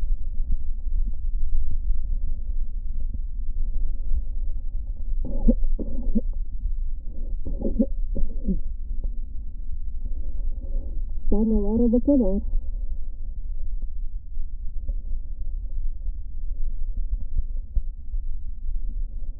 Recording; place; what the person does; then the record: lung sounds by stethoscope; left posterior basal chest; quiet breathing, then cough and speech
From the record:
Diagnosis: interstitial lung disease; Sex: female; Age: 60 years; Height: 152 cm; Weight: 55.9 kg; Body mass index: 24.2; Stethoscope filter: diaphragm mode